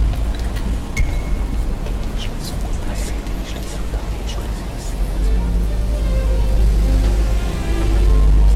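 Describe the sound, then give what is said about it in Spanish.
Street traffic with trucks parking to load and unload in front of shops and pulling in and out of their lanes, a steady low engine rumble and passing vehicle noise that swells louder in the second half, with a few faint clanks and squeaks above it. “Y esa tarea, ese estacionamiento de camiones, ese entrar y salir de sus carriles, convierten el tránsito en algo imposible de controlar perdiéndose todas las ventajas previstas.”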